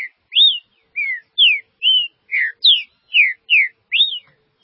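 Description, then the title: Green-winged saltator song: a steady string of about ten full whistled notes, each slurring up or down, roughly two to three per second. "Trinca Ferro"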